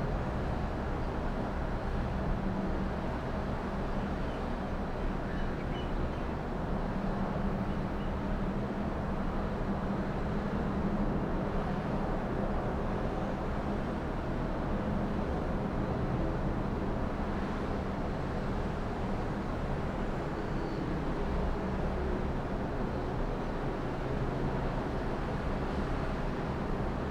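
A steady, dense low rumble of Melbourne city traffic heard from 29 floors up, unbroken for the whole time, with faint passing vehicle swells.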